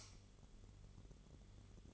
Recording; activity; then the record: daily activity, microphone in the room; light off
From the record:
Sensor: 4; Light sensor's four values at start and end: 13/31/12/12 and 12/28/11/11